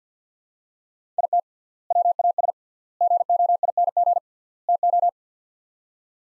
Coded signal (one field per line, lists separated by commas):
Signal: Morse code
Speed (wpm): 50 wpm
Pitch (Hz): 700 Hz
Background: none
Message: IT WAS GOING TO